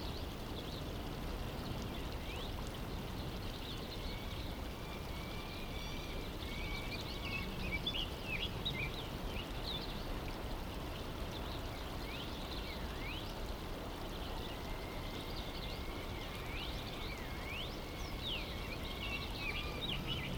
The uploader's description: an ambient mix of daytime sounds from 19th century California